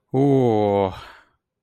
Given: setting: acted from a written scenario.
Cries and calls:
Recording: vocal sound without words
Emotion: ecstasy

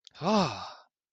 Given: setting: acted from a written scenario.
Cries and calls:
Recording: vocal sound without words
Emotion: elation

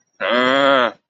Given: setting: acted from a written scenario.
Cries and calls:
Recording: vocal sound without words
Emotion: anger

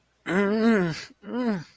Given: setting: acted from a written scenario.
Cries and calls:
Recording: vocal sound without words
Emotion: pain

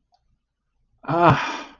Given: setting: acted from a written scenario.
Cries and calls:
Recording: vocal sound without words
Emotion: relief

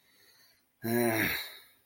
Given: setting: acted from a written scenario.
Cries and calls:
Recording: vocal sound without words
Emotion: shame

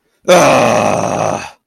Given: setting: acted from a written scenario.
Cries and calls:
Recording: vocal sound without words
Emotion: anger

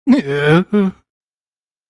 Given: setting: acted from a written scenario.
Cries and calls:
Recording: vocal sound without words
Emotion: sadness

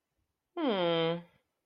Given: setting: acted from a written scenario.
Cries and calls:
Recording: vocal sound without words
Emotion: neutral

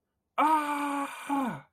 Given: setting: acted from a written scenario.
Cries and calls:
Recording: vocal sound without words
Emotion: fear

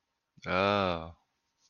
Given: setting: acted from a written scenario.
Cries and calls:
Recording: vocal sound without words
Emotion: sympathy

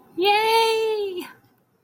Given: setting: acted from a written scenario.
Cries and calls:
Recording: vocal sound without words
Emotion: positive surprise

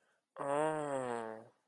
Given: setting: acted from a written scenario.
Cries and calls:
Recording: vocal sound without words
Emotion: sympathy

